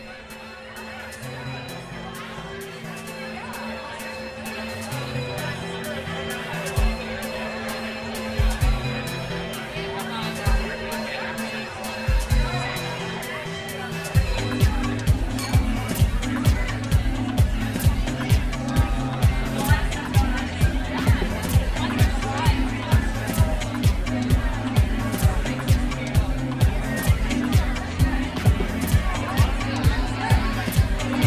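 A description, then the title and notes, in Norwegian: In Madrid, crowd chatter and voices fill a busy street, joined after fourteen seconds by a loud, steady, regular thumping beat. Lyddagbok-Madrid-April-2011.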